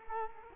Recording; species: mosquito wingbeat signal from an infrared sensor; Culex quinquefasciatus